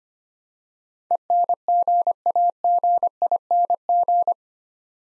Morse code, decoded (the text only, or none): ENGAGING